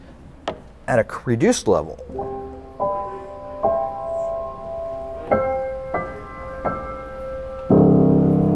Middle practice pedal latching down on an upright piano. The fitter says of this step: the middle pedal actually locks into place and drops